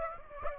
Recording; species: mosquito wingbeat signal from an infrared sensor; Aedes aegypti